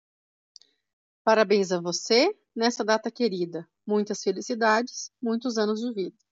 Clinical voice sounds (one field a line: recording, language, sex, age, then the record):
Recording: short text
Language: Brazilian Portuguese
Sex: female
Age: 40 to 49 years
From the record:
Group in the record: control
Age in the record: 41 years